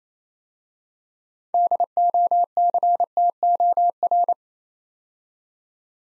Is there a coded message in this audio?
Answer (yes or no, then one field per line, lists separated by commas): yes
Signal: Morse code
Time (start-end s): 1.5-4.3 s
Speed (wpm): 28 wpm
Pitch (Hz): 700 Hz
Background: none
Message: DOCTOR